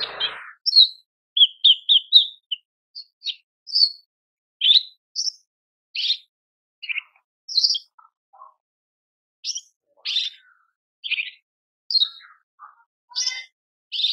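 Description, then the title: Horsfield's bush lark song: a long series of separate high chirps and short whistles spaced by brief pauses. Cage-bird tutor (masteran) song, described as effective and super gacor (very active singing), used for training cage birds. "MASTERAN KICAUAN BRANJANGAN SUPER GACOR"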